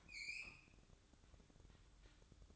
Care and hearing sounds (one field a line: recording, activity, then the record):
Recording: daily activity, microphone in the room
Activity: open fridge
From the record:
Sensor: 3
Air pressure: 1007.7 hPa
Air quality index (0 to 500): 68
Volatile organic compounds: 1 ppm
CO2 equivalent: 634 ppm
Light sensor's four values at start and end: 12/29/12/12 and 12/29/12/12